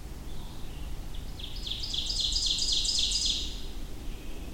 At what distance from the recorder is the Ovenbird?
about 30 m